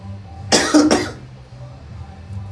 She took her first puff of marijuana. She had her first marijuana cough thing.